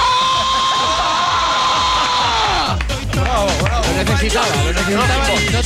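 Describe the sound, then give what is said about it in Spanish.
A man in Monaco lets out a loud, sustained, high-pitched scream on air lasting nearly three seconds, then it breaks off into a busy jumble of overlapping voices and excited shouting. “necesito pegar un grito en antena.”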